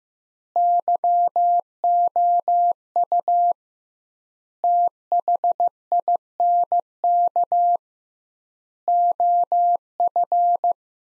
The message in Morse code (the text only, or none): YOU THINK OF